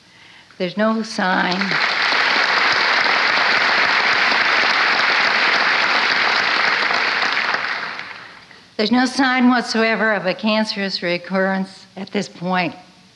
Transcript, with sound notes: There's no sign -- [applause]. There's no sign whatsoever of a cancerous reoccurrence at this point.